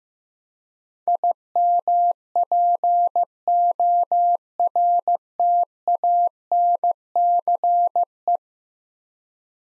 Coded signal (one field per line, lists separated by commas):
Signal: Morse code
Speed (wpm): 15 wpm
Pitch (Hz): 700 Hz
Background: none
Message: IMPORTANCE